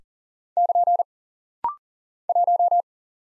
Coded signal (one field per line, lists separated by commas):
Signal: Morse code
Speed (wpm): 39 wpm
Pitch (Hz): 700 Hz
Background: none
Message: <KN> 1